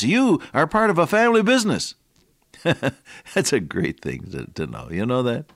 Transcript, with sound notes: You are part of a family business. [chuckle] That’s a great thing to know, you know that?